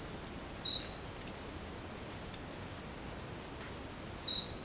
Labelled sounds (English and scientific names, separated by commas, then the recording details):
none
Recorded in dense forest near Puerto Asís, Putumayo, Colombia, on 22 December 2024 at 07:30
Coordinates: 0.466, -76.327
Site G075